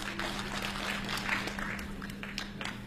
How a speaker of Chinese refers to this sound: 再来点掌声。